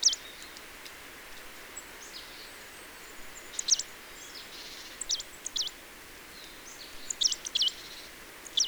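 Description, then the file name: Marsh Tit calls, sharp high downslurred notes given singly and in quick pairs or triplets, with brief buzzy phrases between them, over a constant background hiss. "Poecile palustris"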